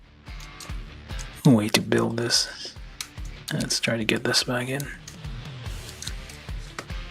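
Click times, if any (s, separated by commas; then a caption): 6.8 s. Someone talks over background music while pushing a plastic peg joint at the hip of a 1/144 HG Bandai Gundam Pharact model kit back into its plastic socket. Two small ticks at about 6.0 and 6.1 seconds are followed by a sharper snap at 6.8 seconds. The peg seats and locks into place, though the joint is still a bit wobbly.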